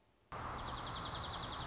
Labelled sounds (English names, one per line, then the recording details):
Dark-eyed Junco
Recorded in Sonoma County, California